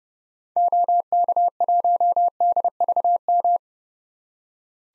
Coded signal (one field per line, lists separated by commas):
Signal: Morse code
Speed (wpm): 30 wpm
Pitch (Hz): 700 Hz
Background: none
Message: OK1DVM